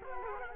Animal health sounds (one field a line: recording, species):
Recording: mosquito wingbeat signal from an infrared sensor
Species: Culex quinquefasciatus